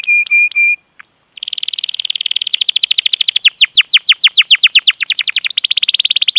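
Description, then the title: Canary song opening with short flat tones and clicks, then a steady, rapid trill of repeated sweeping notes that continues to the end. Canary lure recording to prompt canaries to sing, featuring long, continuous vigorous singing. "PANCINGAN Kenari GACOR PANJANG. Pancingan Gacor Masteran"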